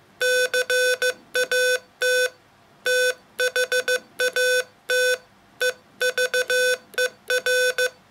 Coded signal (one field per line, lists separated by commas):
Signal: Morse code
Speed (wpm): 15 wpm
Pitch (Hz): 500 Hz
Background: none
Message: CAT THAT EVER